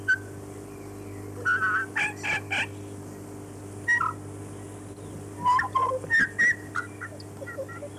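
Chatham Island tui delivering bursts of rich, warbling whistles mixed with clicks and high squeaks, phrases separated by short pauses, above a continuous low hum.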